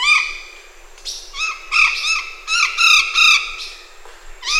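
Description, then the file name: Golden parakeet squawking: loud, grating notes in rapid clusters, with a few thinner high notes between. "ararajuba Guaruba guarouba"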